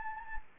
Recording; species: mosquito wingbeat signal from an infrared sensor; Anopheles gambiae